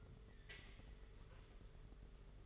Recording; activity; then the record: daily activity, microphone in the room; take from stove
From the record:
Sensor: 4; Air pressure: 991.9 hPa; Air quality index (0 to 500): 85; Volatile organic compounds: 6 ppm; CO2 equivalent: 1936 ppm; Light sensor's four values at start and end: 21/75/27/29 and 21/75/27/29